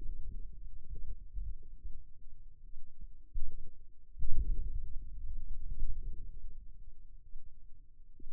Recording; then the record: forearm muscle sounds (acoustic myography)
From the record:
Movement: inward rotation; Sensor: system 2, bracelet of six BSWA MPA416 microphones around the upper forearm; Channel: 5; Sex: male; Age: 22 years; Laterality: right